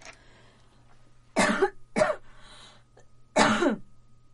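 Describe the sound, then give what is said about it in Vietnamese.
Three sharp, harsh coughs burst out at uneven intervals from a woman whose throat has been weak and easily irritated since Covid, the first and last heavier and raspier, with quieter breathy sounds between them over a low steady hum. “Nhẹ tí thôi có thể sặc, có thể ho được.”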